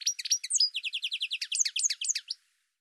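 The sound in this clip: Bird song: a brisk, high, rhythmic phrase of many quick sweeping notes, then silence.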